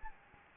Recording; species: mosquito wingbeat signal from an infrared sensor; Anopheles gambiae